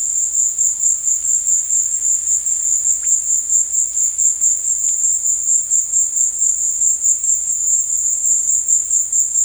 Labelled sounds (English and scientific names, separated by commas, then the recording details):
none
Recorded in dense forest near Puerto Asís, Putumayo, Colombia, on 22 December 2024 at 15:00
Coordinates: 0.468, -76.322
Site G071